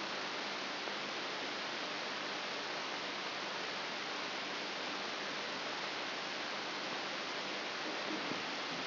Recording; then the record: brain microelectrode recording played as sound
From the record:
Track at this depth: inside the subthalamic nucleus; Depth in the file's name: 1.905 mm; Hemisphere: left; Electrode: 3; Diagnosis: Parkinson's disease